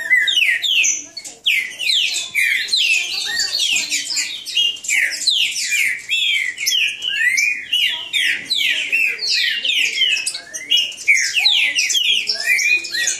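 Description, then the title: Green-winged saltator song: a continuous, crowded series of quick whistled notes, mostly swooping downward, with overlapping phrases from more than one singer. Green-winged saltator singing in the bush, in a song dispute with a free-flying wild bird. "Trinca Ferro NICÃ O No Mato Disputando Com Solto"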